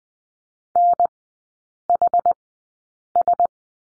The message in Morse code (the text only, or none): NHS